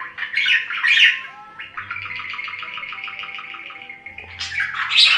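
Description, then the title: Budgerigar chatter: scratchy chirps, then a buzzy, rapidly pulsed trill lasting a few seconds, ending with more harsh squeaky notes. "Budgie Sounds"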